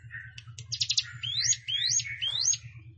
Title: Ciblek Sawah